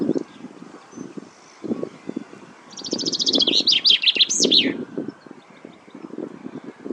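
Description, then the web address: Common chaffinch song: a quick high trill that drops through several phrases to a final flourish, over intermittent low rumbling background noise. "Deverinetal 2025"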